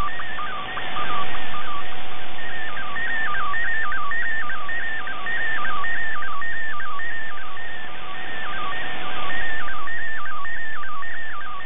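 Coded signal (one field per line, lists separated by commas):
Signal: multi-tone FSK (Olivia or MFSK type)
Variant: MFSK64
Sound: rapid warbling tone jumping between pitches, with a faint steady low hum underneath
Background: radio static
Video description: In this video it is MFSK64 for the image and MFSK32 for the concluding text after the image.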